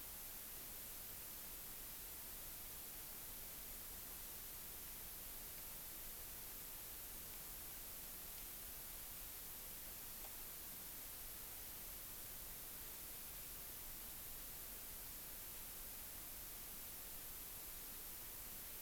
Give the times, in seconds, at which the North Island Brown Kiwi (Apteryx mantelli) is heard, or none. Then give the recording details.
none. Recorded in New Zealand on 16 June 2014. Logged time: 03:08